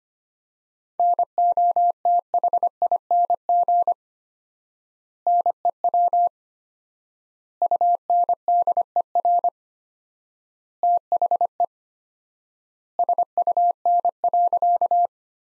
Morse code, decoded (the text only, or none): NOTHING NEW UNDER THE SUN.